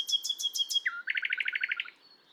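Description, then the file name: Common nightingale song: five high, pulsed notes, then a low whistle leading into a fast, rhythmic series of bright chirps. "Luscinia megarhynchos"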